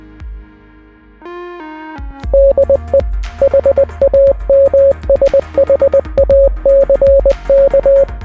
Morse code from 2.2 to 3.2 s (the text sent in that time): DE